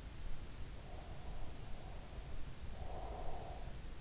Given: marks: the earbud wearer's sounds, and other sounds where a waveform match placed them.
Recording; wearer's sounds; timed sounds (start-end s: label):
sounds in sleep by an in-ear microphone; breath
0.24-3.77 s: breath